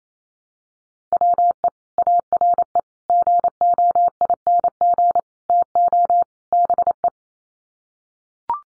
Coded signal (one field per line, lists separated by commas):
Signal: Morse code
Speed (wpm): 28 wpm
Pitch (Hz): 700 Hz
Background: none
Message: WE ARE GOING TO BE